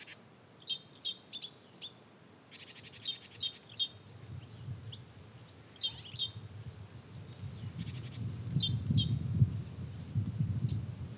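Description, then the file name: Great tit calls: sharp, high, downslurred chirps in quick clusters of two or three, repeated every couple of seconds over a low rumbling background. "Parus major"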